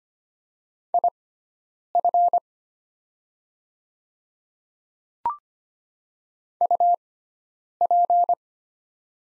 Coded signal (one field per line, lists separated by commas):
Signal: Morse code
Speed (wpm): 25 wpm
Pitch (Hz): 700 Hz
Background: none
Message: IF UP